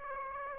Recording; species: mosquito wingbeat signal from an infrared sensor; Aedes aegypti